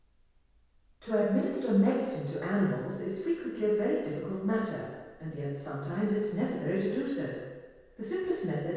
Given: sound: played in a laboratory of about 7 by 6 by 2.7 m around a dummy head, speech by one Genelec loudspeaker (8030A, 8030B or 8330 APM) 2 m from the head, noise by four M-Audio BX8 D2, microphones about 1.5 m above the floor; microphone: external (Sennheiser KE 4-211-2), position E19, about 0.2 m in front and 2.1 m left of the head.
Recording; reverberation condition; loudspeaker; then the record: female speech in English; high; behind (180 degrees)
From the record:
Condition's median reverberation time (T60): about 1300 ms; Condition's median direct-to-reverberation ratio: about -4.0 dB